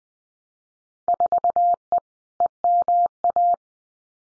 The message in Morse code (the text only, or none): 4E EMA